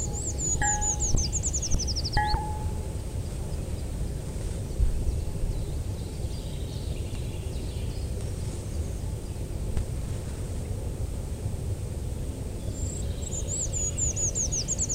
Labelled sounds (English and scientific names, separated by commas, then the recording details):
Eurasian Treecreeper (Certhia familiaris) song
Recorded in the wild
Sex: male
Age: adult
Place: Freiburg, Baden-Württemberg, DE
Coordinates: 48.0244, 7.80389
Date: 1960-03-25
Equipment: Maihak MMK 4, Sennheiser MD 82
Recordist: Thielcke, Gerhard